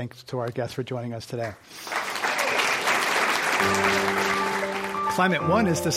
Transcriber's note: applause